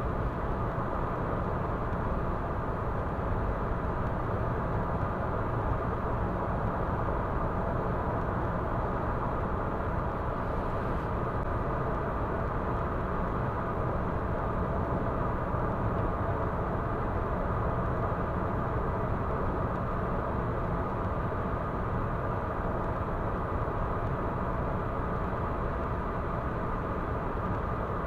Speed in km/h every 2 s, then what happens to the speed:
118, 118, 118, 118, 118, 118, 118, 118, 118, 118, 118, 118, 118, 118.
0-28 steady at about 118.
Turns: none.